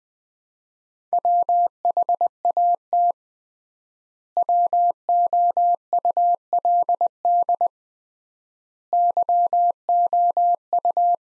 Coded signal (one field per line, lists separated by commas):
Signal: Morse code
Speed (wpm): 19 wpm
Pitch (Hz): 700 Hz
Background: none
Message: WHAT WOULD YOU